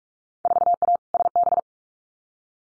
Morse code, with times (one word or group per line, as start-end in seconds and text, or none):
0.5-1.0 4A
1.1-1.6 SB